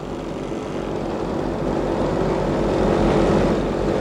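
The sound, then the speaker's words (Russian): A steady propeller-plane engine drones without pause as the airplane flies off, a broad rumbling hum with a low throbbing pulse that swells slightly louder over the few seconds. “Эй, на самолете, вылетайте на базу!”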